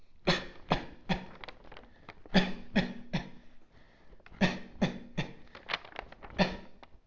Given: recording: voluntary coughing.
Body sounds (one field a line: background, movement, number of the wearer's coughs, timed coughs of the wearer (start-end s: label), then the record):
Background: quiet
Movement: sitting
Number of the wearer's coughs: 10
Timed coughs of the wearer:
0.25-0.61 s: cough
0.69-0.98 s: cough
1.08-1.37 s: cough
2.32-2.67 s: cough
2.73-3.04 s: cough
3.12-3.42 s: cough
4.39-4.71 s: cough
4.79-5.09 s: cough
5.16-5.48 s: cough
6.37-6.71 s: cough
From the record:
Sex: male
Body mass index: 23.7 kg/m2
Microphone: on the chest, facing outward